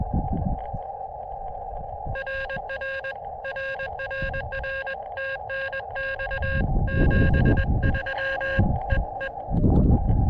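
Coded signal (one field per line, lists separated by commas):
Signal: Morse code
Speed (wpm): 21 wpm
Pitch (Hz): 1600 Hz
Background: none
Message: RR RRR TNX 73 E E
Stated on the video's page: Morse from a Summits On The Air activation on San Marcos Mountain, running 10 watts.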